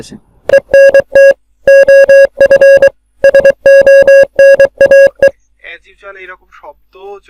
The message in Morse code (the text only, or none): ENT OF SONAE